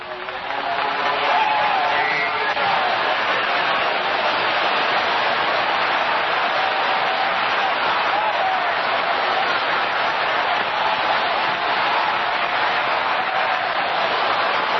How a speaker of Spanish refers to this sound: ¡Sigue aplaudiendo, sigue aplaudiendo, sigue aplaudiendo ahí! ¡Se va a sanar aplaudiendo, se va a libertar aplaudiendo! ¡Aplauda ahí, aplauda ahí! Aplaudiendo, una ovación ahí grande para el grande de los grandes, a Jesucristo.